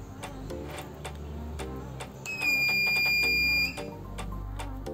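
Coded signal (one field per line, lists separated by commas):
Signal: alarm pattern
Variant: car power inverter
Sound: a single long high-pitched beep of about 1.4 seconds over rhythmic background music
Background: background music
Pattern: 1 long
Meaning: The inverter is signalling a fault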